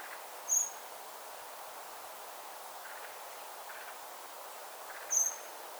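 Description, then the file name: Eurasian blackbird uttering two brief, sharp, very high call notes about four and a half seconds apart, with soft continuous hiss in between. "Turdus merula"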